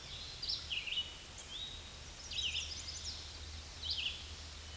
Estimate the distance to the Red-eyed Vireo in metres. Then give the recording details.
about 20 m. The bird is about 10 m above the microphone. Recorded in a Pennsylvania forest on 16 May 2024 at 07:31. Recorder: AudioMoth, point MSD-2164. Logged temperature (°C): 15.8 °C. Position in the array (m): 179 m, 75 m